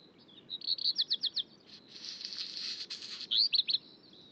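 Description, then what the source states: Black Redstart song opens with a rapid series of bright high notes, breaks into a harsh crackling rasp, then ends with a few sharp twitters. Dawn chorus in high-mountain alpine pasture at Col du Granon, 2400 m, Hautes-Alpes above Briançon, France; 23 June 2018, about 4:45 am at daybreak, around 5 °C, very clear sky.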